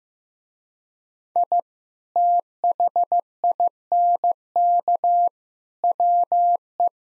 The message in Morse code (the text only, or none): I THINK WE